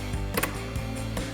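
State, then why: Seated. The fog light wiring connector on a 2015-2023 Charger is pushed back into its fog lamp socket after a swap to AlphaRex LUXX-Series LED projector headlights. Two sharp plastic clicks land close together at 0.4 s and 0.4 s over steady background music, with a softer knock at 1.2 s. The connector latches and is seated.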